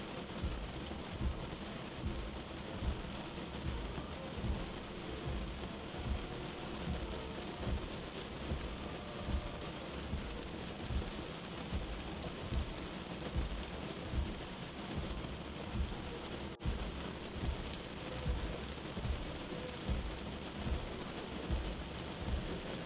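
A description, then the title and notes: Rain falls steadily outside, a dense, even hiss across the whole clip with a heavy low rumble underneath. Frequent soft thumps and pulses in the low end suggest drops hitting a surface, and one brief cut breaks the sound near seventeen seconds. Feel the soothing rain outside.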